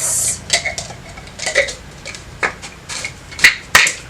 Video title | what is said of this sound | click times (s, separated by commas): Boxycharm Base Box August 2022 Unboxing - Does this work for you? | locks into place that's really neat all right let's move on | 3.8 s